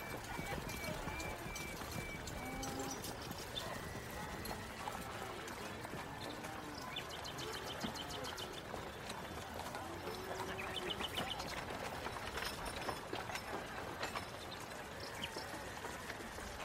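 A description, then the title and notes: A horse-drawn carriage rolls along with a steady, dense clatter of hooves and wheels that never lets up. Murmuring voices run underneath, and short bright chirps and squeaky calls break through now and then, especially around the middle and near eleven seconds. Medieval life ASMR Ambience. Carriage.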